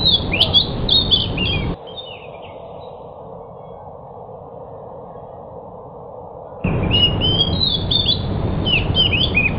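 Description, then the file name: Pied bush chat song: a short burst of lively twittering, a silent gap with faint hiss, then several seconds of quick, chattering warbled phrases. Decu described as 'sudah jadi', meaning a finished, fully trained singer. "suara burung decu sudah jadi. omkicau"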